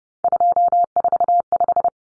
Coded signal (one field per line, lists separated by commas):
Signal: Morse code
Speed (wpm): 30 wpm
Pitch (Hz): 700 Hz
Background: none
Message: 245